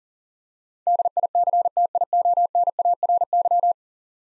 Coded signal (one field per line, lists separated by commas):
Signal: Morse code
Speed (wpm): 40 wpm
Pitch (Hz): 700 Hz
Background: none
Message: DICTIONARY